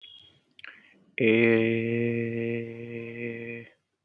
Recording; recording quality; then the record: sustained vowel as in made; excellent, no background noise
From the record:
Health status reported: healthy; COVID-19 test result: not tested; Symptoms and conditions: none ticked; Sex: male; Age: 25 years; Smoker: yes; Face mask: not worn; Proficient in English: yes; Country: India